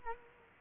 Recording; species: mosquito wingbeat signal from an infrared sensor; Culex quinquefasciatus